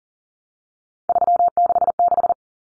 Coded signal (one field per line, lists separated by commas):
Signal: Morse code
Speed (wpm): 40 wpm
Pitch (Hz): 700 Hz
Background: none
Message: 366